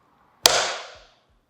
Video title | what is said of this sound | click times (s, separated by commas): eevee's Metro Electric Scooter Video Instruction Manual and Setup Guide | just push it in and make sure you listen for the snap | 0.5 s